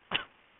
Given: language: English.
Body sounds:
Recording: throat vibration sensor signal played as sound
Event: cough

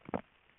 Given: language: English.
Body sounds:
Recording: throat vibration sensor signal played as sound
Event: swallow

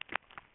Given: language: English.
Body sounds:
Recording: throat vibration sensor signal played as sound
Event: swallow

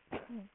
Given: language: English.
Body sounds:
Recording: throat vibration sensor signal played as sound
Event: cough

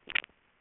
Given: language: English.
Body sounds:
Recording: throat vibration sensor signal played as sound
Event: swallow

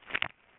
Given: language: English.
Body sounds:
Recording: throat vibration sensor signal played as sound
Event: swallow

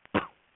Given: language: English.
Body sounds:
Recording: throat vibration sensor signal played as sound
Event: cough

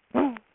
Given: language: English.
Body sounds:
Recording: throat vibration sensor signal played as sound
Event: throat clearing

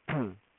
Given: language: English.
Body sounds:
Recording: throat vibration sensor signal played as sound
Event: throat clearing

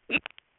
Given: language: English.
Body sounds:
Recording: throat vibration sensor signal played as sound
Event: swallow

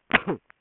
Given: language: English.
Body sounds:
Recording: throat vibration sensor signal played as sound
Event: cough

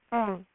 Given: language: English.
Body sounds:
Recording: throat vibration sensor signal played as sound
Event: speech

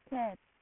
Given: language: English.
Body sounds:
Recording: throat vibration sensor signal played as sound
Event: speech

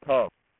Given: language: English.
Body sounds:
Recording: throat vibration sensor signal played as sound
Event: speech

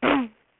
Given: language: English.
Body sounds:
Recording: throat vibration sensor signal played as sound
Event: throat clearing

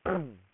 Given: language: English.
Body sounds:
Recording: throat vibration sensor signal played as sound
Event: throat clearing

